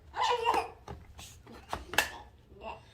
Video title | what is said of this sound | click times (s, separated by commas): COOGHI Toddler Scooter, 3-in-1 Kids Scooter with Flashing Wheels Assembly Setup Install and Review | And it will click in place. You should hear a click. | 2.0 s